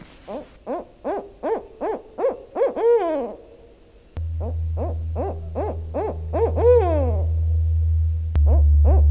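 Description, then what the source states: Barred Owl hooting, a rhythmic series of rich hoots that swell into drawn-out, sliding notes, given in two series with a third beginning at the end, with a steady low hum in the second half. Common in wooded areas of the region, heard year-round, even in summer; makes a remarkable range of sounds.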